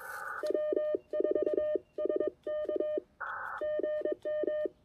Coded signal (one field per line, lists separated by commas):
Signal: Morse code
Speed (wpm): 22 wpm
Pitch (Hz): 610 Hz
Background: none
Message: W4SK GM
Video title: One Watt and a Wire! QRPp POTA at Clemmons Educational State Forest!